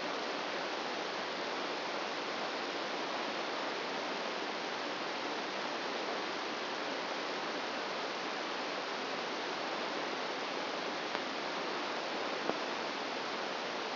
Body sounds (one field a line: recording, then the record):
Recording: brain microelectrode recording played as sound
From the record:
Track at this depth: outside the subthalamic nucleus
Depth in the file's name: -0.909 mm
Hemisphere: right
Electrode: 2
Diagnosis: Parkinson's disease